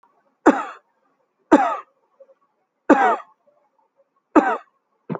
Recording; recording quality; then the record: heavy voluntary cough; excellent, no background noise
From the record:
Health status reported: healthy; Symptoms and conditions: none ticked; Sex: male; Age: 46 years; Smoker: not ticked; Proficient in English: yes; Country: India